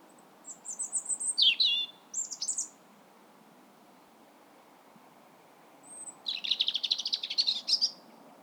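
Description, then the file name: European robin song, thin high warbled phrases with sliding notes, a pause, then a longer rapid twittering phrase, over a steady low background hiss. "Erithacus rubecula"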